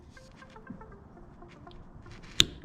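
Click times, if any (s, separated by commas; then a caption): 2.4 s. The oil drain plug on a Yamaha TW200 motorcycle engine case is tightened with a click-type torque wrench set to 43 Nm, with faint, quiet tonal background sounds before a single sharp, loud click at 2.4 s. The click shows the wrench has reached 43 Nm and the plug is fully torqued.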